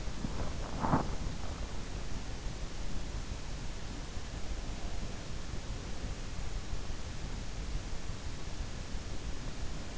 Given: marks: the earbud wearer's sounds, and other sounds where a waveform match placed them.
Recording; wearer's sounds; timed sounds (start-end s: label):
sounds in sleep by an in-ear microphone; body movement
0.00-1.16 s: body movement